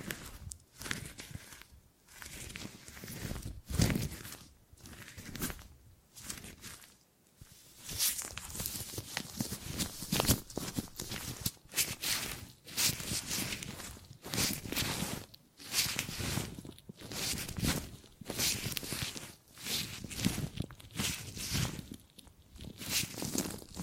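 Gripping and grabbing sounds come in a dense string of short rustling, scuffing bursts, several per second, with brief quiet gaps between clusters. Each grab is a bright, crackly handling noise with some low thump, continuing unevenly for the whole stretch.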